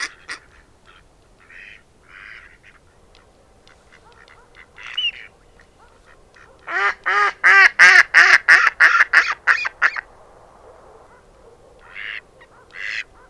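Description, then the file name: Mallard calls: scattered soft quacks, then a loud burst of about ten quick nasal quacks, followed by a few quieter calls. "tokesrece"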